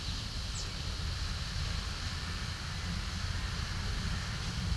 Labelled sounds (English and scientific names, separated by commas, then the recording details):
none
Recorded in pastures near Puerto Asís, Putumayo, Colombia, on 4 March 2025 at 11:30
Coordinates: 0.497, -76.327
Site G072